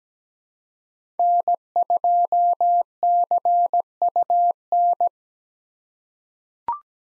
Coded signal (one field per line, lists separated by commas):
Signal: Morse code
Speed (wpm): 17 wpm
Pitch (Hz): 700 Hz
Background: none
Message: N2CUN